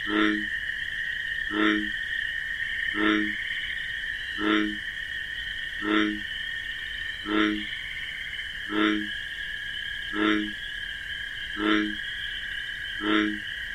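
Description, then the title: Bullfrog sounding ten low, pulsing croaks at an unchanging tempo, layered over a continuous high cricket drone. Wetland at night among marsh grasses; bullfrog's deep 'jug-o-rum' call amid a continuous chorus of chirping crickets. "Bullfrog Sound. The Wondrous Wetlands"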